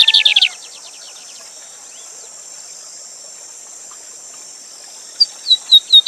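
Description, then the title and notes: Lined seedeater song: a fast burst of buzzy high notes at the start, then a quiet gap and a series of sharp descending whistled notes near the end, over a steady high hiss. Song tutor named Gavião Negro, singing live with a waterfall running. "Bigode Gavião Negro Professor De Canto Cantando Ao Vivo Com Cascata. Bigodinho"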